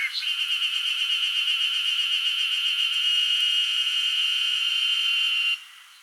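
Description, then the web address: Cicada scree: a steady, shrill, buzzing drone with a fast pulsing texture, held for about five and a half seconds before cutting off abruptly. Wild cicadas screeching in Hokkaido, Japan. "Google Sounds Sound Matters. Cicadas scree in wild hokkaido"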